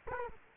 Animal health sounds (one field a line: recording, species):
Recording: mosquito wingbeat signal from an infrared sensor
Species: Culex quinquefasciatus